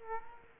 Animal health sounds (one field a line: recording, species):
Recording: mosquito wingbeat signal from an infrared sensor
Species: Aedes aegypti